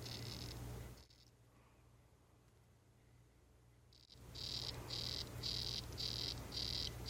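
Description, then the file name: Uakari poison frog buzzy calls, short pulsed bursts repeated in quick succession after a quiet stretch, with a steady low hum underneath. "ranitomeya ukarii calling"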